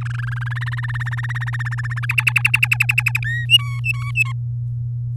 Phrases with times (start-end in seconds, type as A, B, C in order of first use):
0.01-0.48 A, 0.51-2.06 B, 2.09-3.19 C, 3.24-3.45 D, 3.49-4.32 E